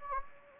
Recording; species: mosquito wingbeat signal from an infrared sensor; Anopheles gambiae